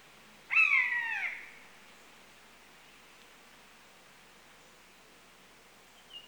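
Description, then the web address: Common buzzard giving a single loud, plaintive mew that slides downward and fades, followed by a long quiet stretch with a brief faint sound at the end. Two adult birds. "The BBC Sound Effects Library - Complete 60 CDs Collection. Buzzard (Buteo Buteo) Two Adults"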